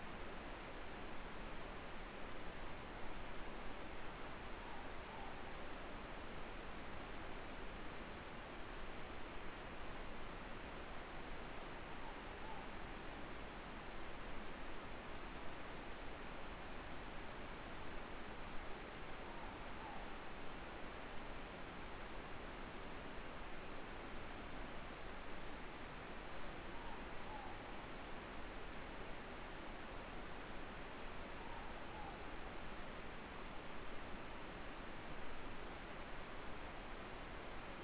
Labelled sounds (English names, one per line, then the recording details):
Morepork more-pork call
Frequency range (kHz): Morepork 0.6-1.1 kHz
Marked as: faintness 5/5, faintness 4/5
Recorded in New Zealand
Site Eglinton